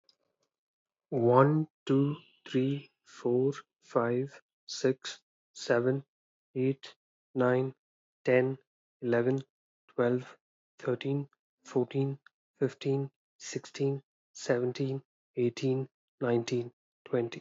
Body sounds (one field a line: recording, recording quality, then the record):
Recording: counting at a normal pace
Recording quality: excellent, no background noise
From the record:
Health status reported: healthy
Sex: male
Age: 21 years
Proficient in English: yes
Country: India